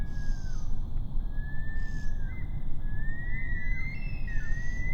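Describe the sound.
Bush stone-curlew making several long, thin whistled wails that rise and fall, over strong low background noise.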